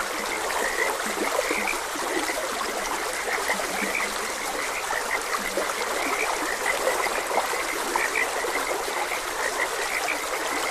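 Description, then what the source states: Frog chorus of brief repeated chirping notes throughout, a few deeper croaks underneath, with steady flowing water hiss behind. Frogs croaking beside a gentle stream; nature ambience.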